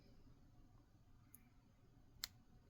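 A plastic headlight/front assembly is pressed onto the body of a Bachmann On30 Shay model locomotive. A faint click at 1.4 s is followed by a distinct, sharp snap at 2.2 s as the part seats.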